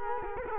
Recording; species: mosquito wingbeat signal from an infrared sensor; Culex quinquefasciatus